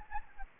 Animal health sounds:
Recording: mosquito wingbeat signal from an infrared sensor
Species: Anopheles gambiae

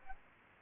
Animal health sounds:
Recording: mosquito wingbeat signal from an infrared sensor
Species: Aedes albopictus

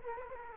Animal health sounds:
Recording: mosquito wingbeat signal from an infrared sensor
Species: Culex quinquefasciatus

